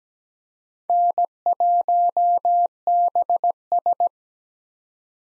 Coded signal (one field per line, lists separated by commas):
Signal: Morse code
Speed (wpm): 17 wpm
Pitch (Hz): 700 Hz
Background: none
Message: N1BS